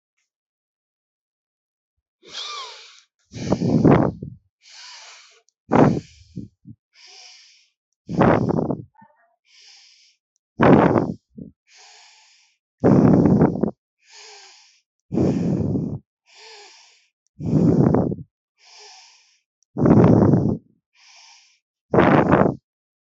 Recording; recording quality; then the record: deep breathing; excellent, no background noise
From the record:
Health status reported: healthy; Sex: male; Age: 31 years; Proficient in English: yes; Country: India